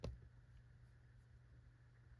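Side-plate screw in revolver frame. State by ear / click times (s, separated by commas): not seated / none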